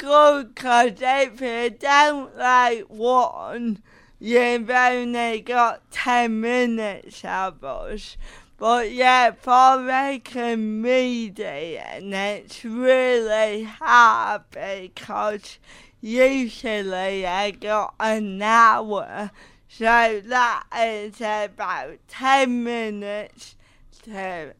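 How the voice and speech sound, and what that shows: An adult woman with cerebral palsy speaks slowly in short phrases with frequent pauses, drawing out vowels and some consonants, with occasional creaky voicing and blurred consonants. This is dysarthria from cerebral palsy, which makes her speech a bit slower and sound a little different from what is normally heard.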